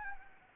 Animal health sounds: mosquito wingbeat signal from an infrared sensor; Anopheles arabiensis

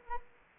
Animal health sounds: mosquito wingbeat signal from an infrared sensor; Anopheles arabiensis

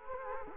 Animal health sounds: mosquito wingbeat signal from an infrared sensor; Culex quinquefasciatus

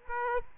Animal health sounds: mosquito wingbeat signal from an infrared sensor; Aedes aegypti

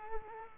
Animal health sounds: mosquito wingbeat signal from an infrared sensor; Culex quinquefasciatus

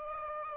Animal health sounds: mosquito wingbeat signal from an infrared sensor; Aedes aegypti

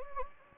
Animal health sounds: mosquito wingbeat signal from an infrared sensor; Anopheles gambiae

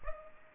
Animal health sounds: mosquito wingbeat signal from an infrared sensor; Culex pipiens

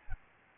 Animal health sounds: mosquito wingbeat signal from an infrared sensor; Aedes albopictus

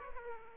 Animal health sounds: mosquito wingbeat signal from an infrared sensor; Aedes aegypti

